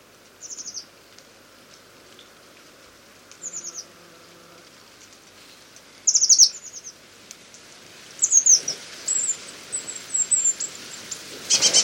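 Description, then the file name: Eurasian blue tit giving short, very high thin call notes in small clusters every few seconds, becoming busier near the end, over steady rain-like hiss. "Cyanistes caeruleus"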